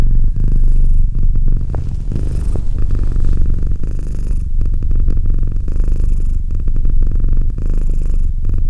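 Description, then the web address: Domestic cat purring steadily, a low rough rumble swelling and easing with breaths. "Cat Purr 201308 Cat purr"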